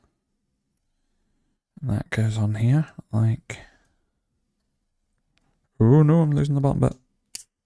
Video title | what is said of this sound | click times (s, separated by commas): Building the LEGO Star Trek USS Enterprise-D LIVE | Yeah. Oh, that was a satisfying click. | 7.4 s